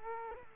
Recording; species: mosquito wingbeat signal from an infrared sensor; Culex quinquefasciatus